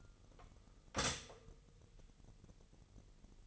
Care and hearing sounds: daily activity, microphone in the room; stop toaster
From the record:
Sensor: 4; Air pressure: 989.4 hPa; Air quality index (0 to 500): 216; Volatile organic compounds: 67 ppm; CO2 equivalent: 3492 ppm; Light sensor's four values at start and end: 24/85/31/33 and 24/85/31/33

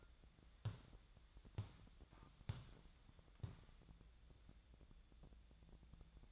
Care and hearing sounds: daily activity, microphone in the room; walk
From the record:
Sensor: 3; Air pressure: 1012.2 hPa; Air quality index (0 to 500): 183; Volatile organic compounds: 3 ppm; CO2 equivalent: 1400 ppm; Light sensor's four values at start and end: 49/132/57/59 and 56/142/63/67

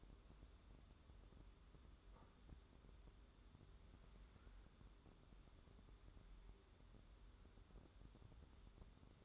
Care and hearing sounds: daily activity, microphone in the room; wipe stove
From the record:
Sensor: 3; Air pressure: 1015.1 hPa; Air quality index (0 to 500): 80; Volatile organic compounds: 2 ppm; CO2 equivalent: 1085 ppm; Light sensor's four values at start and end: 15/39/15/16 and 15/39/15/16

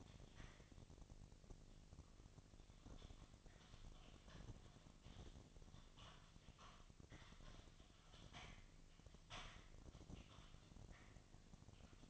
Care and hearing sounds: daily activity, microphone in the room; typing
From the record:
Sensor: 4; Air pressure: 1000.0 hPa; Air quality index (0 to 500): 230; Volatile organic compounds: 30 ppm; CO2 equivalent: 2967 ppm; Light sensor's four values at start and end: 9/21/8/8 and 9/21/8/8

